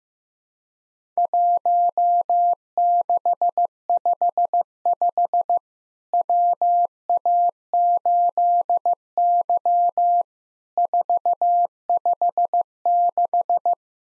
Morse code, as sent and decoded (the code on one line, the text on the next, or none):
.---- -.... ..... ..... / .-- .- ---.. -.-- / ....- ..... -....
1655 WA8Y 456